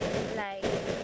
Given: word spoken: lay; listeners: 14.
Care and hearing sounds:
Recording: one English word in noise, from a listening test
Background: noise modulated by three-talker babble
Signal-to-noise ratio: -5.4 dB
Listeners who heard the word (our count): 2 of 14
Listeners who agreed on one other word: 8 of 14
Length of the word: 0.64 s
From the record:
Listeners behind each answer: 8, 2, 1, 1, 1, 1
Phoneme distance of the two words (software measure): 7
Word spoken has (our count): 1 syllable, 2 phonemes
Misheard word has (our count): 1 syllable, 3 phonemes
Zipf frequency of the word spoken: 4.59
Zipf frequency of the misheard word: 5.69

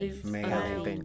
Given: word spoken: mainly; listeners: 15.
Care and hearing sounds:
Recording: one English word in noise, from a listening test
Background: four-talker babble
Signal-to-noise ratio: -1.4 dB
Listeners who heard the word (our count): 0 of 15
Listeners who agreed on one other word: 9 of 15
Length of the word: 0.65 s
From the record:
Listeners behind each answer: 9, 1, 1, 1, 1, 1, 1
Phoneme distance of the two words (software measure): 14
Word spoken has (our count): 2 syllables, 5 phonemes, stress on syllable 1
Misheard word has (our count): 1 syllable, 3 phonemes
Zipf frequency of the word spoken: 4.45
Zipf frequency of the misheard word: 4.66

